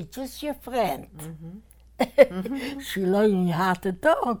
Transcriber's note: she laughs